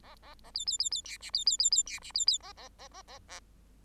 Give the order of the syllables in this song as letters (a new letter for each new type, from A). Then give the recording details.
A A A B B B B C D B B B B C D B B A A A A A A. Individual Bird8